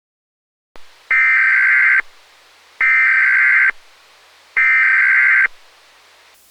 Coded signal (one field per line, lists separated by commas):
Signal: Emergency Alert System (SAME) tones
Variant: header bursts